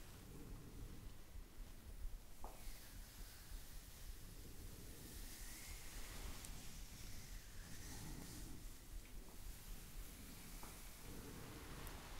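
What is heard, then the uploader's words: A soft massage with steady rustling and gentle squishing strokes, a quiet hiss throughout, and occasional faint taps. ASMR Massage For Relaxation.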